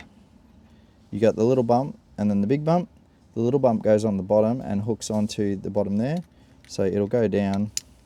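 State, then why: Not seated. A red positive cable connector for an underfloor dual battery wiring mount on a Toyota Landcruiser Prado 250 Series is being hooked onto the bottom of its mount by its little bump, ready to be pushed down into place. Someone talks throughout over a low steady background hum. Nothing has seated or clicked yet.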